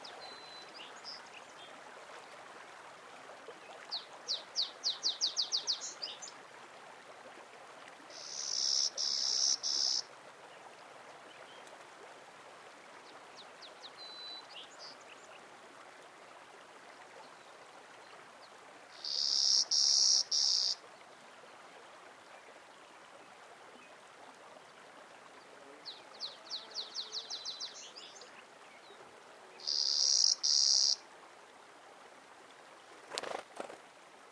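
A soft, steady rush of Dupuyer Creek fills the background throughout. Over it, high, buzzy trilling calls, likely insects or a bird, come in short bursts every few seconds, with the loudest around 9, 20 and 30 seconds. A sharp click ends the clip.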